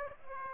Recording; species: mosquito wingbeat signal from an infrared sensor; Aedes aegypti